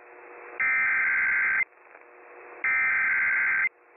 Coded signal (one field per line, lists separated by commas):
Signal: Emergency Alert System (SAME) tones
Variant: header bursts